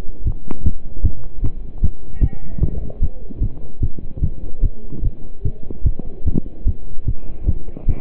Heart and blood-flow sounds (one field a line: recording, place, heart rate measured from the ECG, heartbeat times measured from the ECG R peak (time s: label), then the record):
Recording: heart sounds by stethoscope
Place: between the tricuspid and mitral areas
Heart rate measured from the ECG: 150 bpm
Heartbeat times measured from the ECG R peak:
0.26 s: heartbeat
0.65 s: heartbeat
1.04 s: heartbeat
1.43 s: heartbeat
1.83 s: heartbeat
2.22 s: heartbeat
2.62 s: heartbeat
3.02 s: heartbeat
3.42 s: heartbeat
3.82 s: heartbeat
4.22 s: heartbeat
4.63 s: heartbeat
5.04 s: heartbeat
5.45 s: heartbeat
5.85 s: heartbeat
6.26 s: heartbeat
6.67 s: heartbeat
7.07 s: heartbeat
7.48 s: heartbeat
7.88 s: heartbeat
From the record:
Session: pedaling a stationary bicycle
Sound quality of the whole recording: partially saturated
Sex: male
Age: 27 years